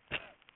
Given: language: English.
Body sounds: throat vibration sensor signal played as sound; cough

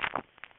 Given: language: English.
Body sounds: throat vibration sensor signal played as sound; swallow

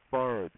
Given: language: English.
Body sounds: throat vibration sensor signal played as sound; speech

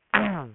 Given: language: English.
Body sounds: throat vibration sensor signal played as sound; throat clearing

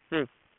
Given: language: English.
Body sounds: throat vibration sensor signal played as sound; speech

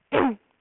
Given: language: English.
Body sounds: throat vibration sensor signal played as sound; throat clearing

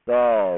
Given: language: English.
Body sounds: throat vibration sensor signal played as sound; speech

